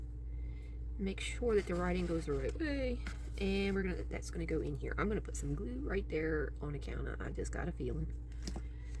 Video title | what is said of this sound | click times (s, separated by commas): Sq-61 Cuckoo House Construction Part 5 | And it snaps into place. | 8.5 s